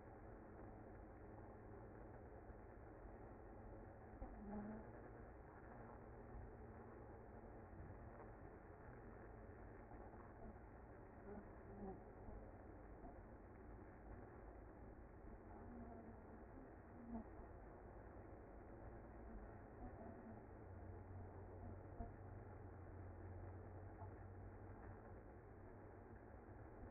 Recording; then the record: honeybee colony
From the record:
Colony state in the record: active